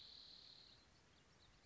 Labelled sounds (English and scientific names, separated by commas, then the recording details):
Spotted Towhee (Pipilo maculatus)
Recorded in Sonoma County, California